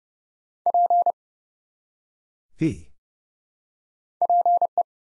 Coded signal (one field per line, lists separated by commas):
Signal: Morse code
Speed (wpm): 30 wpm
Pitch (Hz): 700 Hz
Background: none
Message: P PE